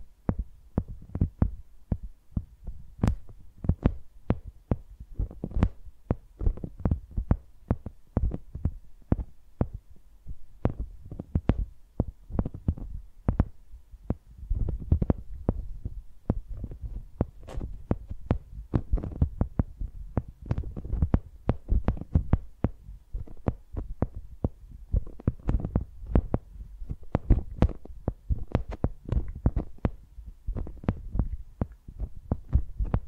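Microphones are tapped and dragged like pencils, making a dense run of sharp knocks and taps with no speech. The hits come quickly and irregularly throughout, each with a low thump and a brief bright click, over a faint low rumble between strokes.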